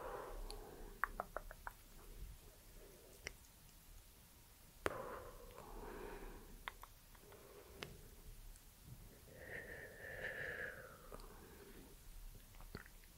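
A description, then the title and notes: Soft mouth sounds and tongue clicks come through as sharp, isolated pops: a quick run near the start, then scattered single clicks every second or two. Between them are low, muffled hand-movement rustles, with a brief wet squish just before ten seconds. ASMR Plucking and Pulling with hand movements + soft mouth sounds and tongue clicking for sleep.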